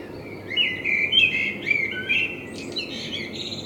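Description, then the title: Common blackbird, a short burst of warbled notes finishing in thin high squeaks, over low background noise. Binaural recording with a self-built dummy head, in front of the recordist's window; intended for headphone listening. "Kunstkopfaufnahme der Amsel vor meinem Fenster"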